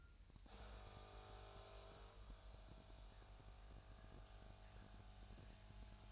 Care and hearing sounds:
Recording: daily activity, microphone in the room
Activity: make coffee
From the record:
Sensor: 2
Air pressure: 1001.9 hPa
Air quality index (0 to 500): 248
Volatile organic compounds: 39 ppm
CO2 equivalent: 3131 ppm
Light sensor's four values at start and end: 8/27/10/10 and 8/27/10/10

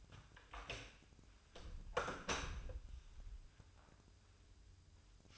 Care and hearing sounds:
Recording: daily activity, microphone in the room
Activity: close door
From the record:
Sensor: 2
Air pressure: 1004.8 hPa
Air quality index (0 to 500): 66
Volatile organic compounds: 1 ppm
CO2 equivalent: 782 ppm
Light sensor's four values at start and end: 7/18/7/7 and 7/18/7/7

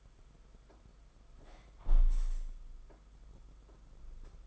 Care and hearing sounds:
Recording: daily activity, microphone in the room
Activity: close window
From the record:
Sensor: 5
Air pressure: 991.4 hPa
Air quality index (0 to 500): 103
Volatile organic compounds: 19 ppm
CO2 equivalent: 2670 ppm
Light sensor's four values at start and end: 39/125/47/50 and 39/125/47/50

